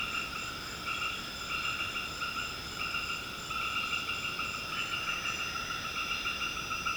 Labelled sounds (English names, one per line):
none